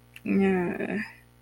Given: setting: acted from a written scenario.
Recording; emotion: vocal sound without words; disgust